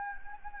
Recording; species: mosquito wingbeat signal from an infrared sensor; Anopheles gambiae